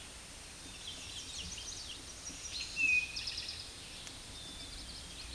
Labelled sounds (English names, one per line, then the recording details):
Eastern Towhee song
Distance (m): 10 m
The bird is about 5 m above the microphone
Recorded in a Pennsylvania forest on 16 May 2024 at 09:45
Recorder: AudioMoth, point MSD-2163
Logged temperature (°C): 16.1 °C
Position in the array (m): 176 m, 125 m